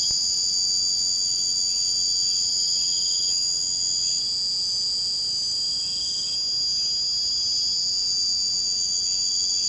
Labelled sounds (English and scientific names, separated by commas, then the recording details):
none
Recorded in pastures near Puerto Asís, Putumayo, Colombia, on 22 June 2025 at 00:00
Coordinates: 0.472, -76.331
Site G095